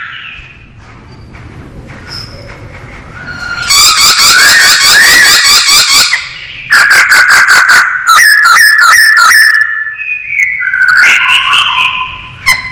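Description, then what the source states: Masked laughingthrush song: after a quiet start, loud whistled phrases, rapid chattering notes and fluting slurred whistles. Called poksay Hongkong; described as gacor, meaning singing actively and vigorously.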